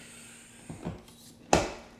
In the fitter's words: just locks into place you're ready to use it